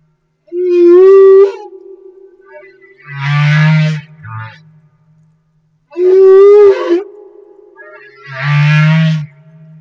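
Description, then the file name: Humpback whale song phrase repeated twice: a rising tonal cry that holds steady, then a low buzzy groan, each pair taking about five seconds. Recorded off Madagascar. "Humpback Whale - Madagascar Whale One"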